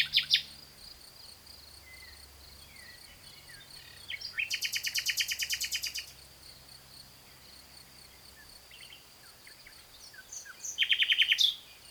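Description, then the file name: Common nightingale song with long, very rapid pulsing trills separated by quiet gaps and brief chips. A continuous high-pitched hum is present throughout. "Luscinia megarhynchos"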